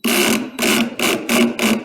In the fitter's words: going to hear that clicking so again the motor is turning when i put depress the trigger